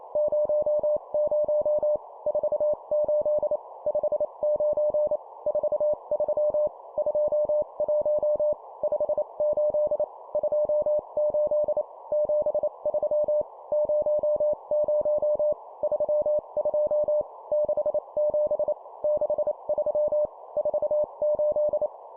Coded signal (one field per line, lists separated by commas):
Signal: Morse code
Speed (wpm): 28 wpm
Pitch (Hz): 600 Hz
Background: none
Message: 00 48 59 43 21 58 28 73 00 32 67 63 48